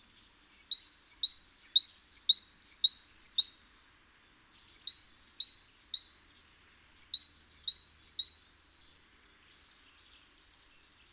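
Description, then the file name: Great tit song: high two-note phrases, a sharp upper note dropping to a lower one, repeated in three quick runs with pauses, then a brief rapid series of thin descending notes. "Parus major"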